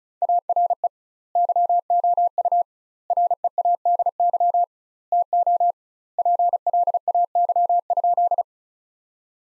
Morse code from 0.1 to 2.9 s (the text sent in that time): ARE YOU